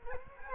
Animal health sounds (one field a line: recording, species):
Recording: mosquito wingbeat signal from an infrared sensor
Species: Culex quinquefasciatus